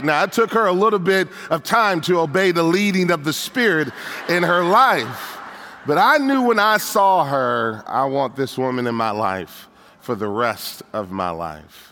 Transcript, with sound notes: Now, it took her a little time to obey the leading of the Spirit in her life. (laughter) But I knew when I saw her, “I want this woman in my life for the rest of my life!”